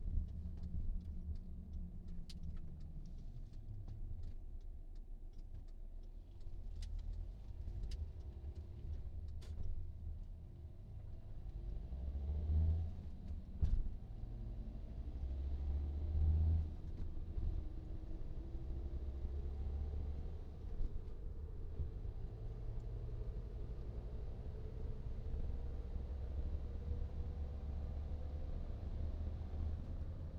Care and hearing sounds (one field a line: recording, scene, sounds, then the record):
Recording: everyday scene through a hearing-aid microphone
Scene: in a vehicle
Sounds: engine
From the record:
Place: VW T5 Caravelle, diesel engine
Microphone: in the ear canal, right